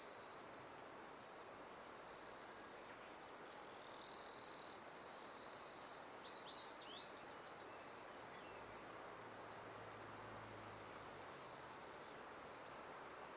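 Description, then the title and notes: Kaempfer cicada chorus, a dense high whining buzz throughout, with a couple of quick bird chirps and a faint low rumble. Chorus of many Kaempfer cicadas in a forest by the Tama River, Japan, as they began singing in summer, a pleasant noise heralding summer; birds also calling. "多摩川の森、ニイニイゼミたちの合唱"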